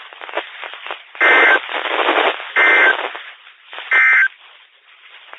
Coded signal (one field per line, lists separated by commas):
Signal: Emergency Alert System (SAME) tones